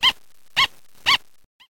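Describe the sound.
Dog barking: three short sharp barks about half a second apart, then a faint brief sound.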